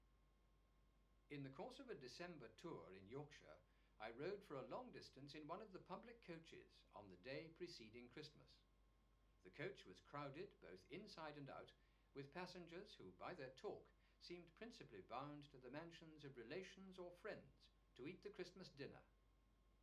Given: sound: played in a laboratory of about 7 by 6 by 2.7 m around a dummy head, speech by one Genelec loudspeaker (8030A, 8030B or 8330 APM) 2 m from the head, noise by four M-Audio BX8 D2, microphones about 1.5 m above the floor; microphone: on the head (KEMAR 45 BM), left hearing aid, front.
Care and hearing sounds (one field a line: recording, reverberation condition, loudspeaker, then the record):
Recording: male speech in English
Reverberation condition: low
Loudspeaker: 90 degrees to the left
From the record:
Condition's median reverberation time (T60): about 310 ms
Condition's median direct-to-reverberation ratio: about 3.5 dB